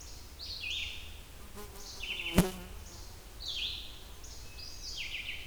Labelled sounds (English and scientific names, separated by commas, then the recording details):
Red-eyed Vireo (Vireo olivaceus) song
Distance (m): 25 m
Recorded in boreal forest in Alberta, Canada, on 28 June 2016 at 07:46
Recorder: SongMeter 3, array SBT-6-79
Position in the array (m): 101 m, 206 m